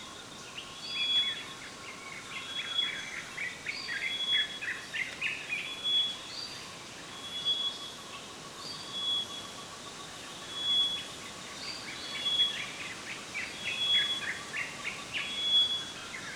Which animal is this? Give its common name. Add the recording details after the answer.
Common Bulbul. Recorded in Kibale, Uganda